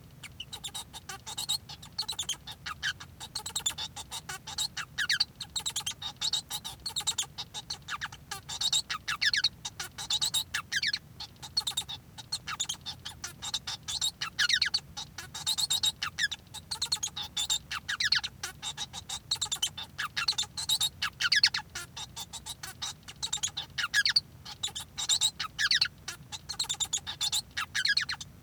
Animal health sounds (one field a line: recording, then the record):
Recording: song of a male Bengalese finch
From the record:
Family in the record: son of father 1